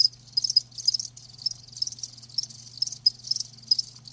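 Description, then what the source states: Cricket chorus of quick, high trilled chirps coming in uneven bursts, overlapping callers, over a soft constant low hum. Live crickets chirping, presented as a lulling sound to help fall asleep and stay asleep.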